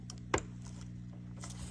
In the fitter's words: You hear the pops.